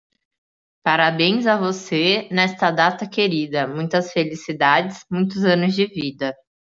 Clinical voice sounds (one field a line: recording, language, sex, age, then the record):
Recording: short text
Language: Brazilian Portuguese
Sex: female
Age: 20 to 29 years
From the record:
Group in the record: control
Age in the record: 24 years